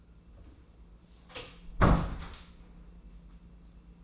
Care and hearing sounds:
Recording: daily activity, microphone in the room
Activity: close door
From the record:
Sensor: 1

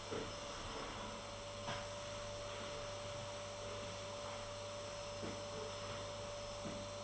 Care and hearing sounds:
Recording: daily activity, microphone in the room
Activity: vacuum cleaning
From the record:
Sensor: 4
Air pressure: 1008.5 hPa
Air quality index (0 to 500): 62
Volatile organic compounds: 1 ppm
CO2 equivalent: 598 ppm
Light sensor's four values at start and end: 13/31/12/11 and 13/31/12/11

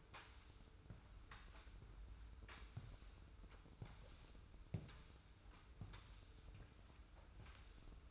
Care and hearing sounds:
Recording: daily activity, microphone in the room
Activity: sweep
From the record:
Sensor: 2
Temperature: 25.1 degrees Celsius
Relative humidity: 45.4%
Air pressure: 990.3 hPa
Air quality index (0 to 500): 210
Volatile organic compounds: 1000 ppm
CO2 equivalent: 6742 ppm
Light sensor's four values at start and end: 27/65/26/27 and 30/70/29/29

